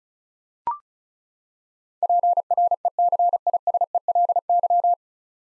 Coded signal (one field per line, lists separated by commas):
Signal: Morse code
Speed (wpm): 34 wpm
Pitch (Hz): 700 Hz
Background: none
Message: PRECISELY